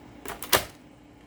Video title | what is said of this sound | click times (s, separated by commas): Dyson Ball Multi-Floor 2/Animal 2 Origin (UP19) In-Depth Vacuum Review | you just bring the handle forward until the wheels click down and you hear a second click so | 0.5 s